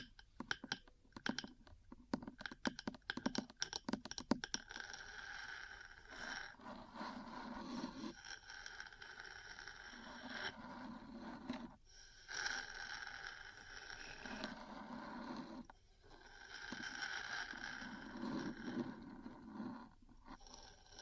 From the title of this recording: Metal Parts Tapping & Scratching